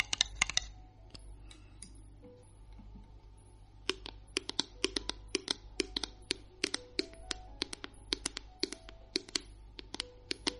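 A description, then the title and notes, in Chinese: Long fingernails tap on a hard object. A quick cluster of clicks opens the clip, then after a pause of about three seconds the bright, sharp taps resume and continue in uneven, typing-like runs until the end. A low steady hum lies beneath. 减压长指甲敲击物品音。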